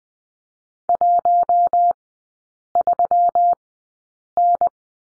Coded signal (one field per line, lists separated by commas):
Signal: Morse code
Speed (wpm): 20 wpm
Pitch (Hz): 700 Hz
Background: none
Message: 13N